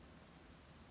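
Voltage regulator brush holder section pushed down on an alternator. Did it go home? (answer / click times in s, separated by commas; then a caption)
no / none. The separate plastic brush-holder section of a new voltage regulator on a BMW E87 120D alternator is handled, to be pushed down until it clicks and releases the brushes onto the slip rings. Only a steady, even broadband hiss with faint low rumble is heard, with no sharp sounds. Nothing has seated or clicked yet.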